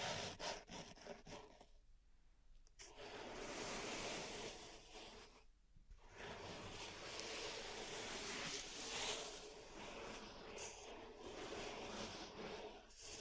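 Pink salt is raked and brushed through a zen garden, making a dense, gritty hiss like surf washing in. Short taps open the first two seconds, then long sweeping strokes run steadily, with a brief pause near 2 and 5.5 seconds.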